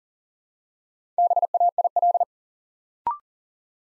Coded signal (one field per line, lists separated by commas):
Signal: Morse code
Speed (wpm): 42 wpm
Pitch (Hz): 700 Hz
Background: none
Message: BAIL